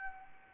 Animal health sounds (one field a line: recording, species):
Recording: mosquito wingbeat signal from an infrared sensor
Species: Anopheles arabiensis